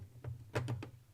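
A plastic brick seat is pressed down between two plates of a brick model, with sharp plastic clicks at 0.6 s and 0.8 s, a fainter tick around 0.2 s and another click near 0.7 s, over a steady low hum. The seat snaps in on one side only and sits slightly off.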